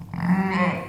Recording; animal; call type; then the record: contact call of a hoofed animal; sheep; low-frequency (closed-mouth) or high-frequency (open-mouth) call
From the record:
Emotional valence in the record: negative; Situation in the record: short social isolation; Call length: 0.89 s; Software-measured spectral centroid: 1710 Hz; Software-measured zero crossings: 1250 a second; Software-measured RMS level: -23 dBFS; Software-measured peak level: -9 dBFS